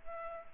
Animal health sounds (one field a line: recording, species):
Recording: mosquito wingbeat signal from an infrared sensor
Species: Culex pipiens